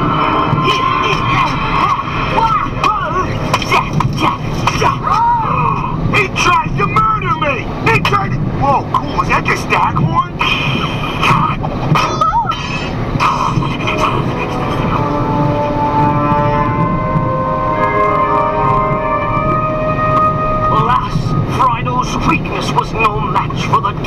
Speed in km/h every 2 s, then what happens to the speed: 113, 112, 114, 113, 113, 114, 114, 113, 113, 113, 113, 112.
0-24 steady at about 113.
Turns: none.